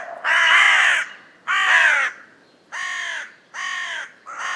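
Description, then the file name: Carrion crow uttering several rough, drawn-out caws, the first two loudest and the rest slightly softer. "Corvus corone"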